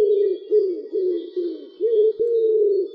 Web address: Columba palumbus